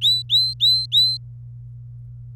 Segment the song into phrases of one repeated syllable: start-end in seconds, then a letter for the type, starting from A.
0.01-1.17 A